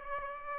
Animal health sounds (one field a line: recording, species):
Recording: mosquito wingbeat signal from an infrared sensor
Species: Aedes aegypti